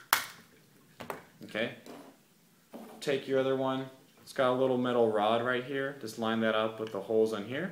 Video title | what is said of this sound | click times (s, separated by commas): In-Depth Review of the GoPro HD Hero2 | there's a little bit of cutouts right in here to where these things are made to pop off. All you gotta do is pull it off. | 0.1 s